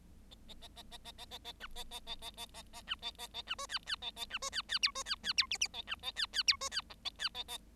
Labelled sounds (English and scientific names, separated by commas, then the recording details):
Bengalese Finch (Lonchura striata domestica) song
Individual Bird7